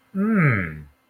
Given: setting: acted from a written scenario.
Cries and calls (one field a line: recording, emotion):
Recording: vocal sound without words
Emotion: desire